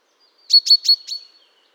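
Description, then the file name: Common chaffinch, a brief burst of four sharp, high metallic call notes in quick succession, the last one softer. "Fringilla coelebs"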